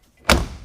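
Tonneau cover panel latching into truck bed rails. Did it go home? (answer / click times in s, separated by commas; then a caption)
yes / 0.3 s. The last panel of an Extang Xceed tri-fold tonneau cover is folded down onto a 2019 GMC Chevy 1500 Crew Cab and locked into the truck bed rails. A sharp latch thump lands at 0.3 seconds and decays quickly. The panel is seated in the rails.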